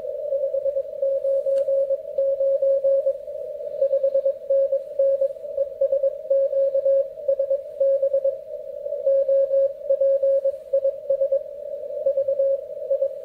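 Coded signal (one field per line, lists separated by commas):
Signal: Morse code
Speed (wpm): 21 wpm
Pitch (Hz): 550 Hz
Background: radio noise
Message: 599 5NN ES QSB OP IS VI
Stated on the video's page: CW QSO on 40 m with New Year greetings.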